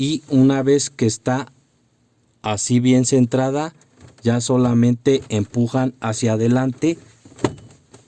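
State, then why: Seated. Someone talks while a centered plastic center trim piece on a Nissan Tiida dashboard, removed to change the instrument cluster LED bulbs, is slid into place and pushed forward. A sharp click at 7.5 s marks the piece clipping in, and it ends up properly seated.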